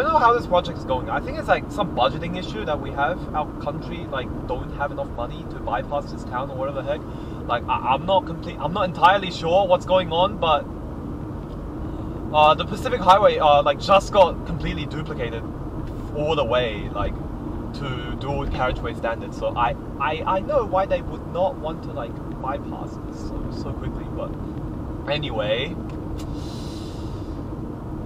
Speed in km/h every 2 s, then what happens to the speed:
70, 68, 66, 63, 63, 62, 64, 62, 62, 61, 62, 62, 60, 60.
0-6 slows to 63. 6-28 steady at about 62.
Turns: none.